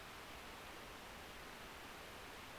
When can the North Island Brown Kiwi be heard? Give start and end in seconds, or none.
none